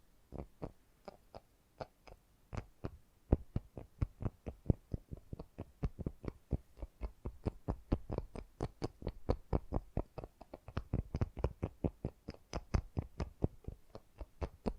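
Fast, gentle tapping in a steady, quick stream of soft, dull knocks, slightly uneven in strength, continuing throughout with no pauses.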